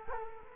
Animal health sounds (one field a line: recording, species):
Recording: mosquito wingbeat signal from an infrared sensor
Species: Culex quinquefasciatus